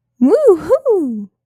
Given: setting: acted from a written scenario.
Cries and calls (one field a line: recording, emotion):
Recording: vocal sound without words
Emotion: elation